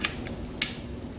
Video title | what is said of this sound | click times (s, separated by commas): Tripod spray rack system set up , teach back. | Hear the click. Put the down tube. Make sure it clicks on. | 0.6 s